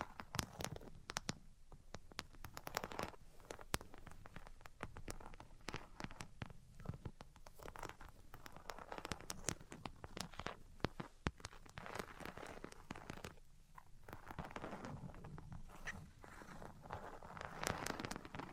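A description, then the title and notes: Dense tapping and scratching, with sharp clicks landing several times a second over a rasping, papery rubbing. Brief zipping strokes and tracing sweeps come and go, and the activity stays busy and uneven throughout without any pause. Tapping, Scratching, and Tracing Sounds. (No Talking).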